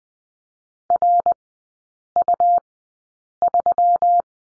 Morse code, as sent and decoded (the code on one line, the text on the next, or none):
.-. ..- ...--
RU3